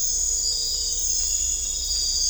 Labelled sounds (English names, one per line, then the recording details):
none
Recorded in dense forest near Puerto Asís, Putumayo, Colombia, on 18 December 2024 at 00:00
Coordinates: 0.500, -76.322
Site G053